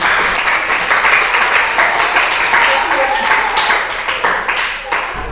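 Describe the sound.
An audience applauds steadily for about five seconds, a dense, loud wash of many hands clapping with some voices mixed in, easing off slightly toward the end.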